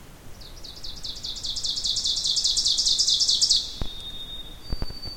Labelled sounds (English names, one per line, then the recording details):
Ovenbird song
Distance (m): 15 m
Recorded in boreal forest in Alberta, Canada, on 2 June 2016 at 07:35
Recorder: SongMeter 3, array SBT-3-7
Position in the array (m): 207 m, 85 m
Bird 6